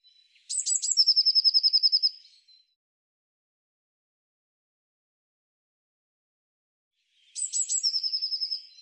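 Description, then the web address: Bird song phrase given twice: two or three sharp high introductory notes, then a fast, evenly pulsed trill lasting about a second, with a long silent gap between. "cianscape birddata Deverinetal 2025 File cleaned normalized Bird Cy Ca"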